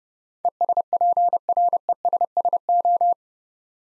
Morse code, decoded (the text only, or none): ESPRESSO